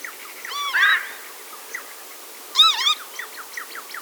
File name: Kievit Vanellus vanellus